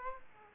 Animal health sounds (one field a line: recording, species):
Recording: mosquito wingbeat signal from an infrared sensor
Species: Aedes aegypti